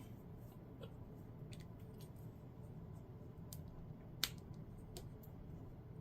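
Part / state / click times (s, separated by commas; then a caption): plastic model kit part into its mounting socket / seated / 4.2 s. A plastic model kit part is lined up with its mounting socket and twisted until it locks into place. Light plastic ticks and scrapes are heard over a steady low hiss, then one sharp click at 4.2 s marks the part seating, followed by a few softer ticks.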